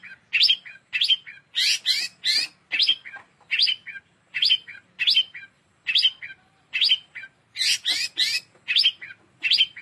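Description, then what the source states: Long-tailed shrike song: scratchy, chattering high notes in short phrases, repeated steadily, some doubled into longer bursts. Song described as kombinasi, a combination style.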